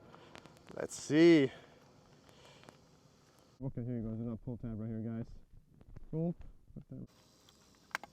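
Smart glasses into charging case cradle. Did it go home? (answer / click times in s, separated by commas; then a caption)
yes / 8.0 s. Oakley HSTN Meta smart glasses sit in their new charging case and are pulled out by a pull tab while someone talks. A sharp snap at 8.0 s marks the glasses snapping into place in the charging case cradle for charging.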